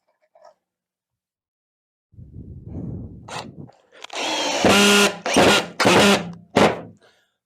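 A Hart HPID01VN 1/2-inch 20V cordless drill driver, set to clutch setting 12, drives a 1 5/8-inch coarse-thread drywall screw: a low rumble is followed by loud whirring motor bursts. The clutch ratchets and slips at 5.3 s and 5.8 s, before the screw is fully driven, showing that setting 12 is too little torque.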